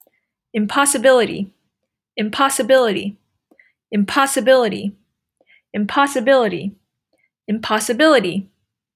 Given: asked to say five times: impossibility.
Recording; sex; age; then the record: repeated word; female; 20 to 29 years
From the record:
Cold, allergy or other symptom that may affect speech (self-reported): no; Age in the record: 23 years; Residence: Virginia, United States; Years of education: 17